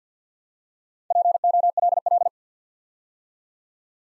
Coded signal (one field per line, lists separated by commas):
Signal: Morse code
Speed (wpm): 55 wpm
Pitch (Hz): 700 Hz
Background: none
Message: POLL